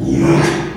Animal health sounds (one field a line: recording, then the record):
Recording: squeal of a Yucatan mini pig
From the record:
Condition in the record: after surgery on the right vocal fold (resection and tissue-engineered implant)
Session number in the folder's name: 3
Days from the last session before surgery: 33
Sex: male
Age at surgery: 12 weeks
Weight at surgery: 13 kg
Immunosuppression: cyclosporine, prednisolone